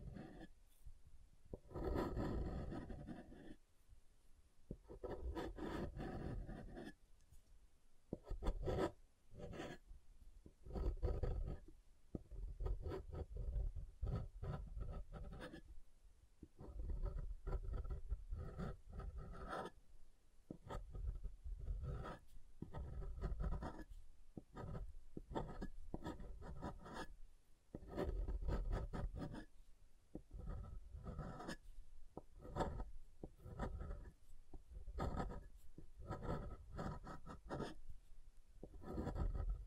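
Soap being tapped and carved, with dense scraping and rasping strokes broken by sharp taps and brief silences. The texture is gritty and mostly low to mid in pitch, with crisp upper edges. Strokes come in irregular bursts throughout, with short pauses every few seconds.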